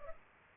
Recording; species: mosquito wingbeat signal from an infrared sensor; Culex pipiens